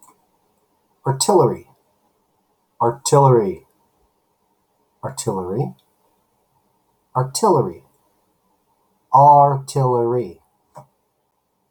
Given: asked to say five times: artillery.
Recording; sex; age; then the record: repeated word; male; 50 to 59 years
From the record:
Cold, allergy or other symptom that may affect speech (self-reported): no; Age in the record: 52 years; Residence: California, United States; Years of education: 19